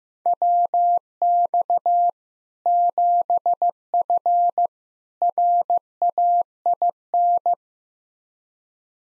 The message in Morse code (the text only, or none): WX 7F RAIN